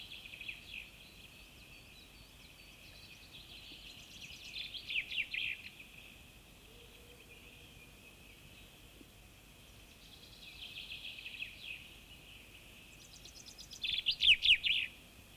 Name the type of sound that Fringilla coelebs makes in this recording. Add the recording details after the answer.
song. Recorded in the wild. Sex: male. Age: adult. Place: Goslar, OT Hahnenklee, Oberharz, Niedersachsen, DE. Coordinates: 51.8644, 10.3308. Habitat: forest. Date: 1965-04-12. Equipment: Uher 4000 Report-S, Bändchenmikro Beyer M 260, Parabolspiegel Polyester (470 mm). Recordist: Conrads, Klaus. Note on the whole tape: Hahnenkleer Berg. Männchen: Gesang. Aufnahmezeit